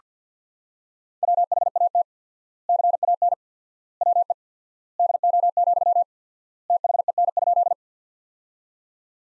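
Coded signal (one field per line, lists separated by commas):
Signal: Morse code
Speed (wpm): 49 wpm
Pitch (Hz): 700 Hz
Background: none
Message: WHAT CAN WE DO, THEN?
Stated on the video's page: Practice sentences built from the top 100 words, sent at 50 wpm with 4x standard word spacing, a word-level Farnsworth-style approach.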